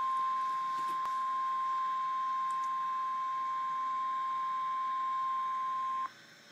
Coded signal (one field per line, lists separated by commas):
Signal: Emergency Alert System (SAME) tones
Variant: 1050 Hz attention tone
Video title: REAL EAS 1203-Severe thunderstorm warning